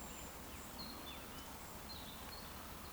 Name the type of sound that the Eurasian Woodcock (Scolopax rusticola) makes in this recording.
whistle